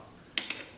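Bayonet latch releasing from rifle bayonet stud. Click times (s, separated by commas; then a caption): 0.4 s. A reproduction folding bayonet for a Carcano M38 short rifle has the release button at its rear pressed to unlock it from the rifle's bayonet stud. After a quiet start, a sharp metallic latch click comes at 0.4 s, followed by a smaller click at 0.5 s and another at 0.8 s. The bayonet releases and comes off the stud.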